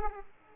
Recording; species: mosquito wingbeat signal from an infrared sensor; Aedes aegypti